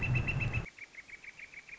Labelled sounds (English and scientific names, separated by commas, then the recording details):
Northern Flicker (Colaptes auratus)
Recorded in Sonoma County, California